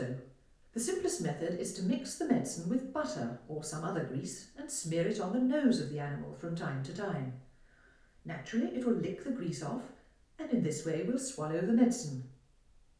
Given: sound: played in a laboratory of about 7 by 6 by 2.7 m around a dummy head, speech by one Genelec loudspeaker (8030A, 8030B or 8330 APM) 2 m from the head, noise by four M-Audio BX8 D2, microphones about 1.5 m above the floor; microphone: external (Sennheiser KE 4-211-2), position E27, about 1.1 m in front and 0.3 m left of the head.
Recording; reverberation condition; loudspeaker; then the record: female speech in English; medium; 120 degrees to the left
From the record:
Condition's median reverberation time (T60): about 510 ms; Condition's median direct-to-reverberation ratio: about -0.5 dB